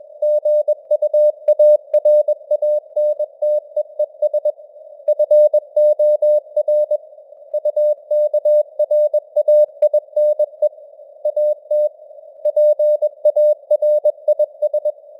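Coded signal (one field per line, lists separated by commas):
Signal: Morse code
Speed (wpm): 21 wpm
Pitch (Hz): 600 Hz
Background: none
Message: GUARANTEES FOR UKRAINE AT PARIS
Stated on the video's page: Simulated Morse news at 21 wpm with simulated radio noise and varying signal strength (QSB).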